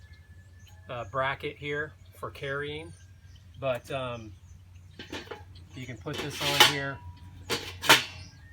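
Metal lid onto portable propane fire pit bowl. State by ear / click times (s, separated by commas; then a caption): seated / 7.9 s. Someone talks while pushing the metal lid of a portable propane fire pit over onto the bowl and turning it so its lip bracket engages for carrying. A single metallic hit at 7.9 s marks the lid locking into place, though it is not a true lock.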